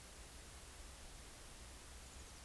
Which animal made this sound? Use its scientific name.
Cyanistes caeruleus